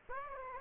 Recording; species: mosquito wingbeat signal from an infrared sensor; Aedes aegypti